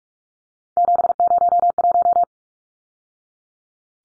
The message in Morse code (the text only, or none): 701